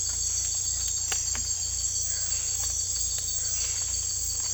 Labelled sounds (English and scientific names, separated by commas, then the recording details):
none
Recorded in secondary vegetation near Puerto Asís, Putumayo, Colombia, on 18 December 2024 at 02:00
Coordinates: 0.488, -76.319
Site GP04